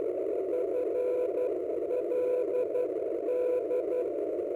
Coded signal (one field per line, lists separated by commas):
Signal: Morse code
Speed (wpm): 12 wpm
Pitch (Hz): 500 Hz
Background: none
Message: FLD